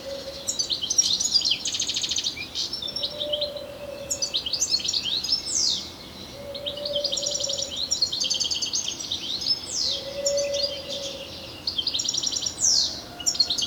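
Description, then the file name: European Goldfinch chatter, bursts of bright buzzy trills and quick downslurred notes in bouts, with a low steady tone returning every few seconds. "Carduelis carduelis"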